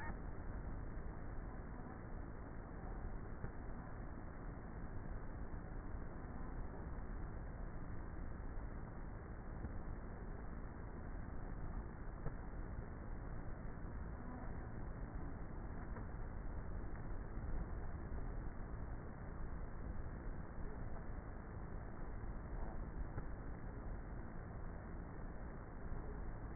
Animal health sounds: honeybee colony, microphone inside the hive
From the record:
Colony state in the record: queenless with a low population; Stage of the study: before two queens were removed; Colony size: about 30,000 bees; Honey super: no

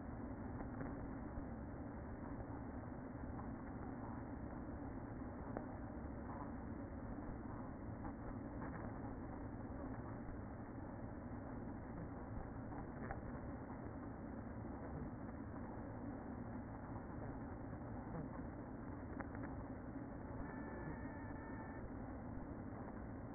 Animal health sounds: honeybee colony, microphone inside the hive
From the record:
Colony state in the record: queen present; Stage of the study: after two queens were removed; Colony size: about 60,000 bees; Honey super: yes

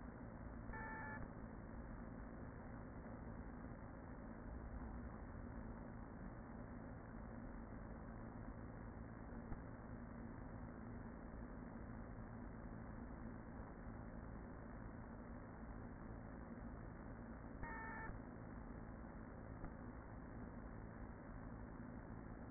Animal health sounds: honeybee colony, microphone inside the hive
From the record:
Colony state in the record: queen present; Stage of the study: after two queens were removed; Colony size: about 40,000 bees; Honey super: no

